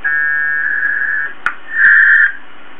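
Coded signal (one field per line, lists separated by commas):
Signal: packet radio (AX.25, as in APRS)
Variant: AFSK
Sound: two short warbling data bursts around 1-2 kHz, with a click between them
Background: radio static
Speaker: and the other station spits back your uh disconnected request and that's the end of it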